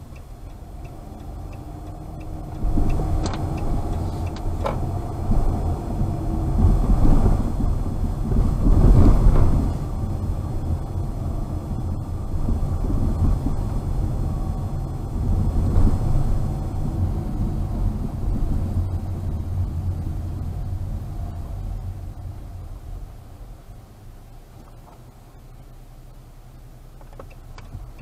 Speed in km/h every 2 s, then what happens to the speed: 12, 17, 21, 27, 28, 27, 28, 28, 22, 23, 16, 7, 5, 5.
0-6 speeds up to 27. 6-18 steady at about 27. 18-23 brakes to 5.